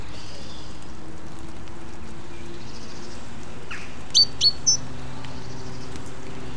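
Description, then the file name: Great tit calls: three short, high, sharp notes in quick succession past the middle, over a steady low background hiss. "Parus major"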